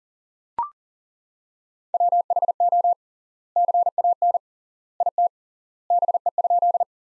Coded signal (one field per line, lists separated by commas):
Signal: Morse code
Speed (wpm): 37 wpm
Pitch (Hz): 700 Hz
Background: none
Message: WHO CAN IT BE?